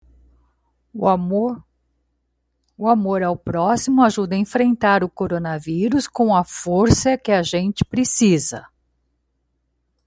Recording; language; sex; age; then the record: spoken sentence; Brazilian Portuguese; female; 60 to 69 years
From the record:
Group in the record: control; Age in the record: 62 years